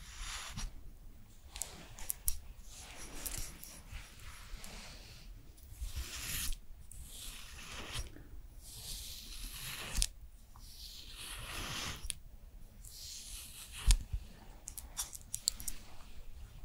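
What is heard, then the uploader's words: Bright swishing and rubbing strokes from a skincare routine repeat every second or two, with a sharp tap near fourteen seconds. ASMR Korean Special Skincare Routine for Winter (No Talking).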